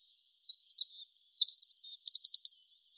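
European robin delivering a high, thin warbling phrase with twisting whistles and two bursts of rapid tinkling notes, clear and unaccompanied.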